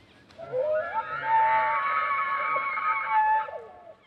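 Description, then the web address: Elk bugle: a rising glide sweeping up into a long, high, strained whistle with rich buzzy overtones, held for a few seconds before dropping away at the end. "soundandlightecologyteam. Elk SP"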